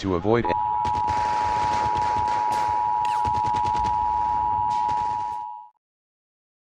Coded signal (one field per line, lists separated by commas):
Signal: Emergency Alert System (SAME) tones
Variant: 853 and 960 Hz attention tone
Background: speech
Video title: EAS Scenario - The Glitch